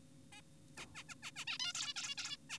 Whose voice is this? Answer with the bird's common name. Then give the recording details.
Zebra Finch. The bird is an adult. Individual g4p5U